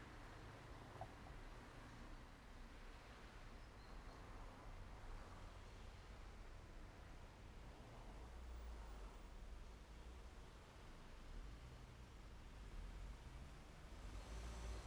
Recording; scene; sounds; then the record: everyday scene through a hearing-aid microphone; in traffic; traffic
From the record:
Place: main road on the outskirts, rush hour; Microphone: behind the ear, left, rear